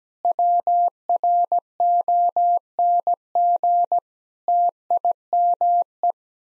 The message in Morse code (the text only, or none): WRONG TIME